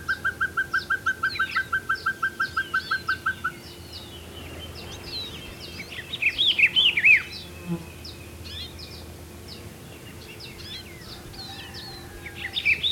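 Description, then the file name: Pacific pygmy owl series of quick, even toots over the first few seconds, followed by chattering and chirping of other birds. "Glaucidium peruanum - Pacific Pygmy Owl"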